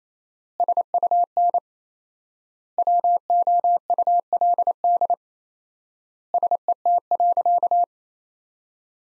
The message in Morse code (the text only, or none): SUN WOULD SET.